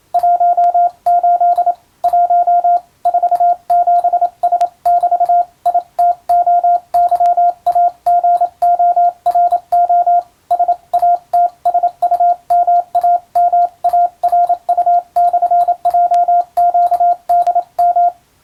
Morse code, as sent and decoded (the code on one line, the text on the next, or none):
.---- ---.. / .---- / ....- --... ... -...- / .. - --- -.-- .- --. --- .-. --- / ... .- - ... ..- -- .- -- .- .-. ..- -..-. .--- --.- -.. --
18 1 47S<BT> ITOYAGORO SATSUMAMARU/JQDM